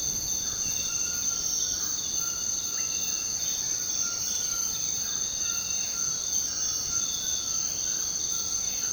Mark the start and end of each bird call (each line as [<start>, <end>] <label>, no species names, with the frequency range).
[0.27, 8.93] bird call (0.9-2.1 kHz)